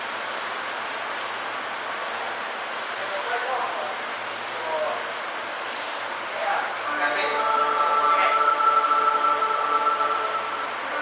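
A Toei 6300 series train runs with a steady rumbling hiss, and a rising motor whine with tonal hum builds in the last few seconds.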